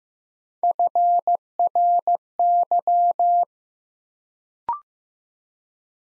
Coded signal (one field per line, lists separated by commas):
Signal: Morse code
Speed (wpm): 15 wpm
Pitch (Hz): 700 Hz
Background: none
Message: FRY